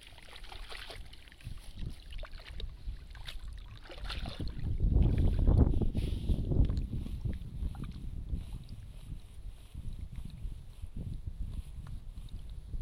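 Rice seedlings are pulled from a flooded nursery bed, with irregular splashing, sloshing and wet rustling throughout. The water movement swells into heavier low sloshing around the middle, then settles into lighter scattered splashes and clicks. A faint, steady high whine runs underneath.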